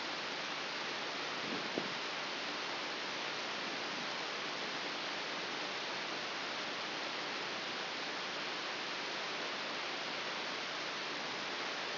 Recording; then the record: brain microelectrode recording played as sound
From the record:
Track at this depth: inside the subthalamic nucleus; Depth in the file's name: 3.898 mm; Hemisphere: left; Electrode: 3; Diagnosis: Parkinson's disease